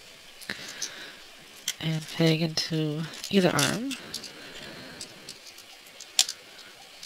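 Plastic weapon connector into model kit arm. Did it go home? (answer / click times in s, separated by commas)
yes / 6.2 s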